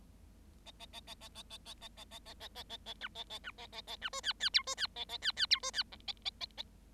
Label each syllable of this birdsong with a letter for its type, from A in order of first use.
A A A A A A A A A A A A A A A A B A A B A A A B C D D E C D A A D D E C D F A A A A